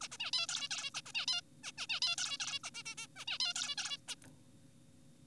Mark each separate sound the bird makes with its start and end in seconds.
0.01-0.08, 0.12-0.17, 0.20-0.31, 0.33-0.47, 0.49-0.69, 0.71-0.91, 0.94-1.01, 1.06-1.12, 1.15-1.26, 1.28-1.41, 1.64-1.72, 1.78-1.87, 1.90-2.00, 2.02-2.16, 2.18-2.38, 2.40-2.59, 2.64-2.71, 2.75-2.83, 2.86-2.95, 2.98-3.07, 3.16-3.25, 3.28-3.38, 3.40-3.54, 3.56-3.75, 3.78-3.98, 4.08-4.15